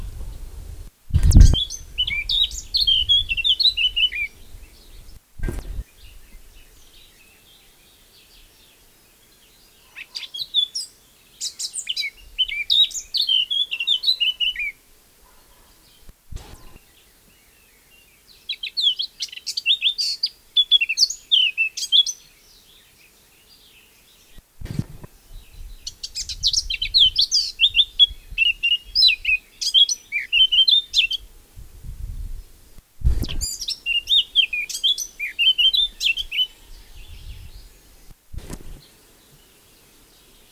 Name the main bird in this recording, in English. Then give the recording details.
Eurasian Blackcap. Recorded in the wild. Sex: male. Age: adult. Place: Effeltrich, Bayern, DE. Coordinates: 49.6603, 11.0908. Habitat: deciduos high forest. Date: 1964-05-01. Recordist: Tretzel, Erwin. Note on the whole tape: Männchen: Gesangsvariationen mit rhythmischem Überschlag. Laubhochwald, Mai 1964